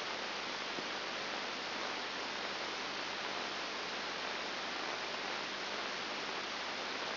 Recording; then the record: brain microelectrode recording played as sound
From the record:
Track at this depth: inside the subthalamic nucleus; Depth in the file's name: 3.102 mm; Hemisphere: left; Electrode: 2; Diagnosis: Parkinson's disease